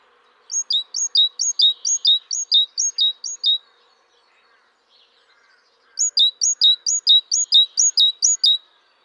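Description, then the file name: Great tit singing two strophes of quick ringing two-note phrases, high note then dropping note, separated by about two seconds of quiet. "Parus major"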